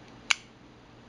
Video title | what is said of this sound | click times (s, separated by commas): Michael Walker ZDP-189 - trekking companion [ Spyderco / K2H review ] | has that really nice solid click | 0.3 s